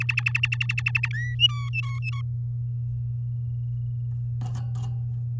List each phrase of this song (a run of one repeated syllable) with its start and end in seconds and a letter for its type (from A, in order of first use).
0.00-1.08 A, 1.13-1.35 B, 1.39-2.21 C